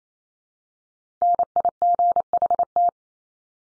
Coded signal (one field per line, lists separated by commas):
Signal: Morse code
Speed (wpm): 28 wpm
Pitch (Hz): 700 Hz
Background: none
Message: NIGHT